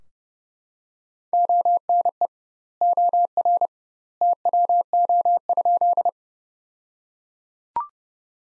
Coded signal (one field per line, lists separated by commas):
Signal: Morse code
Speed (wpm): 30 wpm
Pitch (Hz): 700 Hz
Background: none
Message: ONE OR TWO?